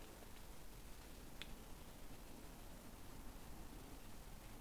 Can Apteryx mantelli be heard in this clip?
no